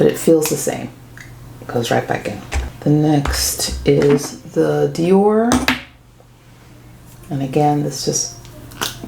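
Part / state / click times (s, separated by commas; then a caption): lipstick refill cartridge from its outer case / released / 8.8 s. Someone talks while handling a Dior refillable lipstick, and the lipstick bullet refill cartridge is pulled out of its outer case. A short, sharp pop at 8.8 s marks the refill popping free of the case, releasing it.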